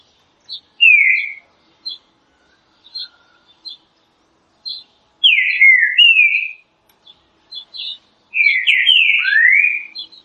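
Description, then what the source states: Green-winged saltator song: short high chips between loud slurred whistled phrases. Classic song style of the green-winged saltator, presented for training birds.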